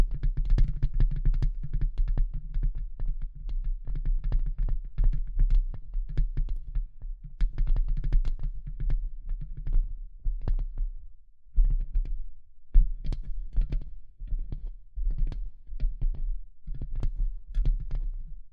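Tapping and scratching, heard as a rapid run of short dry taps with a heavy low thump under them. The taps come densely and fairly steadily for the first eleven seconds, break off briefly near 11.5 seconds, then return in looser, uneven clusters until the end.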